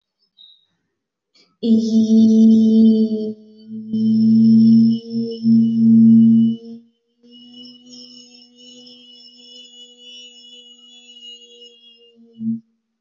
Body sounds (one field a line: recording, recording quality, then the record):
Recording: sustained vowel as in beet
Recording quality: excellent, no background noise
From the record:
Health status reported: healthy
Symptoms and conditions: none ticked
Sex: female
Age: 31 years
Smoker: not ticked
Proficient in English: yes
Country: India